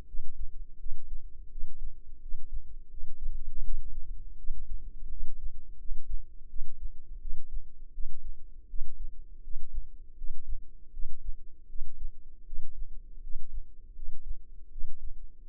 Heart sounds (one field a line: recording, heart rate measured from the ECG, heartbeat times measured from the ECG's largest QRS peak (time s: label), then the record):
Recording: heart sounds by microphone in the left ear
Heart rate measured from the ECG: 82 bpm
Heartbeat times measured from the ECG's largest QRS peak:
0.05 s: heartbeat
0.77 s: heartbeat
1.48 s: heartbeat
2.19 s: heartbeat
2.88 s: heartbeat
3.61 s: heartbeat
4.35 s: heartbeat
5.08 s: heartbeat
5.76 s: heartbeat
6.47 s: heartbeat
7.18 s: heartbeat
7.91 s: heartbeat
8.66 s: heartbeat
9.41 s: heartbeat
10.15 s: heartbeat
10.90 s: heartbeat
11.66 s: heartbeat
12.44 s: heartbeat
13.20 s: heartbeat
13.93 s: heartbeat
14.69 s: heartbeat
15.46 s: heartbeat
From the record:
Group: healthy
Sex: female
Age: 22 years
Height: 160 cm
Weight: 45 kg